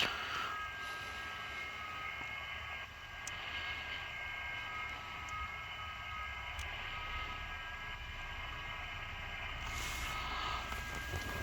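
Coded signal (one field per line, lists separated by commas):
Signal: FT8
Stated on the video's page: FT8 amateur radio operated inside a car in extreme cold, down to minus 10 degrees.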